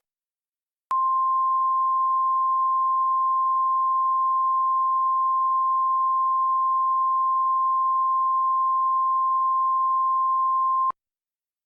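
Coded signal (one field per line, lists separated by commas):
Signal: Emergency Alert System (SAME) tones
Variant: 1050 Hz attention tone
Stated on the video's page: Fictional EAS scenario made for entertainment, about a meteor striking Diablo Canyon Power Plant in California.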